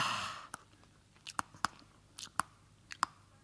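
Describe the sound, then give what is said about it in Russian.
A grey-brown kiwi bird, disturbed during the day, yawns and works its jaws: a brief breathy rush, then a scattered series of sharp, crisp clicks and soft smacking sounds, like chewing, with no talking. “Перестань ты зевать!”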